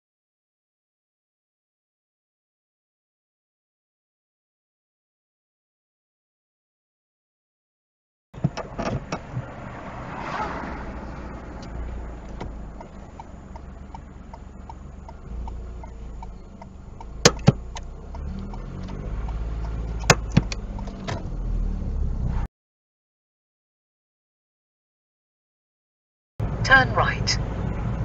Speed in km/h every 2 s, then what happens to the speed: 2, 0, 0, 0, 0, 0, 0, 0, 0, 0, 8, 15, 18, 19.
0-18 standing. 18-28 pulls away to 19.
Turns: none.